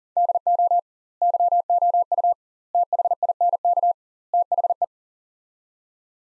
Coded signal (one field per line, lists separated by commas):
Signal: Morse code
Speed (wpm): 40 wpm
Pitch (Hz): 700 Hz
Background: none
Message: DO YOU THINK THE